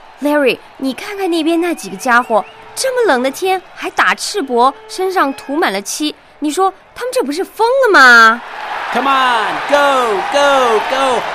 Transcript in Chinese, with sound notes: Larry，你看看那边那几个家伙，这么冷的天，还打赤膊，身上涂满了漆。你说，他们这不是疯了吗？
(Yelling) Come on, go, go, go!